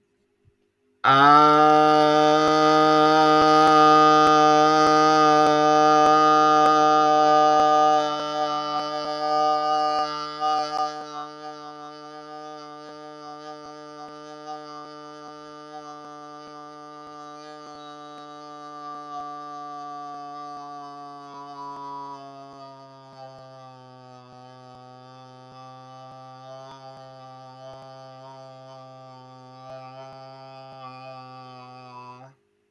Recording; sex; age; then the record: vowel held as long as possible; male; 30 to 39 years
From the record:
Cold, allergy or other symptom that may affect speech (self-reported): no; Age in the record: 35 years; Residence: Oregon, United States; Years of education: 14